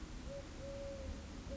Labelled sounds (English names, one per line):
Eurasian Collared Dove